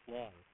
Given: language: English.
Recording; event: throat vibration sensor signal played as sound; speech